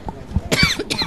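Two quick, harsh coughs about half a second apart, each a brief rough burst of air. A plain dry cough from an adult man who was recently sick, heard over a quiet background during a radio broadcast.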